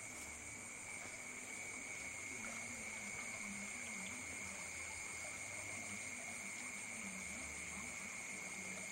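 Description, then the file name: Insects buzzing in a steady, unbroken drone at two pitches, one high and one mid, over a constant wash of flowing water. Insects at night in Ubud, with water sounds. "Bruits-deau-et-dinsectes-dans-la-nuit-d Ubud"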